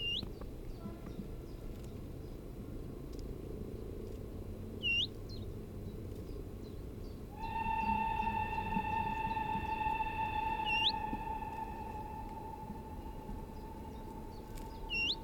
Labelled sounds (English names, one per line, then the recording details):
Willow Warbler
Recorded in the wild
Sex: male
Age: adult
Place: Hallthurm, Bayern, DE
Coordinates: 47.7, 12.9333
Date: 1964-07-01
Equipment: LGS26
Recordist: Stumbrat